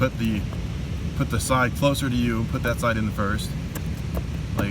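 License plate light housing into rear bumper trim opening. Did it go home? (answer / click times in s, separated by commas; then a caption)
yes / 4.6 s. A license plate light housing on a Chevy Traverse, with its new bulb socket installed, is pressed back into its opening in the plastic rear bumper trim, near side first, while someone talks. The housing pops in and seats with a quiet, unsatisfying click at 4.6 s.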